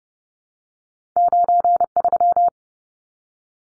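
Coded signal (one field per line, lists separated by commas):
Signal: Morse code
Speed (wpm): 30 wpm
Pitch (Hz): 700 Hz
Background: none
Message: 93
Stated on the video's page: Morse drill of two-digit numbers at 30 wpm for head-copy, each sent, spoken, then sent again.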